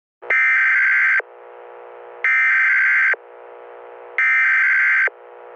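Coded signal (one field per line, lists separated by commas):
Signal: Emergency Alert System (SAME) tones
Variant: header bursts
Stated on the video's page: Fictional EAS scenario about hijacked local TV, not a real alert.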